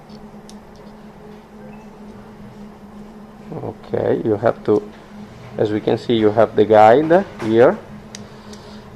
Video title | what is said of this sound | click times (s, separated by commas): pl62x 3700083 replacement water convogliatore | you have to hear the click, | 8.2 s